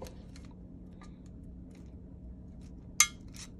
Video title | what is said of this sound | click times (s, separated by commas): Rebuilding a Carburetor- Autolite 2100 like new! | yep there you go clicks right in | 3.0 s